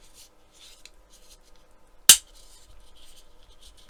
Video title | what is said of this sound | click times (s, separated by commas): Hachettes Lancaster Bomber B III build Stages 111 to 114 | That did snap in place, did it not? | 2.1 s